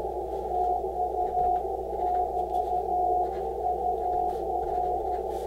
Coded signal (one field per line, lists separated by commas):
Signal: Morse code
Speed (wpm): 12 wpm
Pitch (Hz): 720 Hz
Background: radio noise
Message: TU <BT> UR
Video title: CW Straight Key SUCCESS!, CW Ham Radio QSO is So Fun!